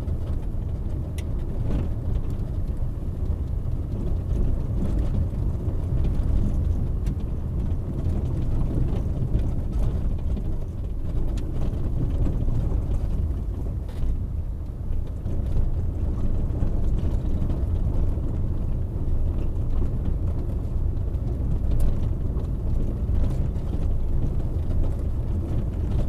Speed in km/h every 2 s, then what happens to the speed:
22, 24, 24, 23, 19, 17, 17, 19, 20, 20, 20, 20, 21.
0-5 steady at about 24. 5-11 slows to 17. 11-26 steady at about 20.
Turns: 8-14.